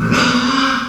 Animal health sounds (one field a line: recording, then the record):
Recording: squeal of a Yucatan mini pig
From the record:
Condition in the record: after surgery on the right vocal fold (resection and tissue-engineered implant)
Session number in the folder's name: 14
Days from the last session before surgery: 133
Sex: female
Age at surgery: 19 weeks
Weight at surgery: 25 kg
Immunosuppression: prednisolone